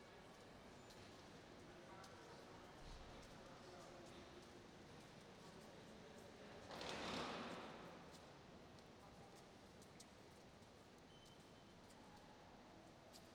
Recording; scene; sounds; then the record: everyday scene through a hearing-aid microphone; reverberant space; background noise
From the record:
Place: railway station hall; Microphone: in the ear canal, right